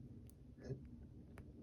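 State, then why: Seated. A black jumper wire connector is pushed onto a pin of a small ring controller board. A faint tick is heard around 0.3 s, then a brief, sharp click at 1.4 s as the connector seats on the pin. The connector is seated and should hold.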